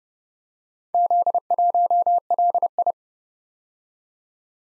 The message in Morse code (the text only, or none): Z1LI